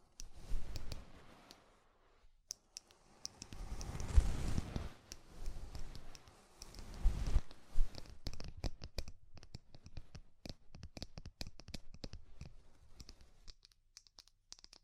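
Ear cleaning with rhinestone and clay removal: close, crisp clicks and scratchy taps run throughout, sparse at first, then dense and rapid after about eight seconds. Two louder, rubbing swells around four and seven seconds bring a deeper, muffled scraping.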